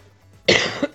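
A single sharp, harsh cough burst from an adult man, lasting under half a second, with a brief trailing catch at the end; he is having considerable difficulty with his cough.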